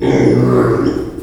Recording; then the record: squeal of a Yucatan mini pig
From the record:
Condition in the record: before surgery on the right vocal fold (resection and tissue-engineered implant); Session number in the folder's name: 1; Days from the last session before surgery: -3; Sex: male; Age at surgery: 12 weeks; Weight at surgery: 13 kg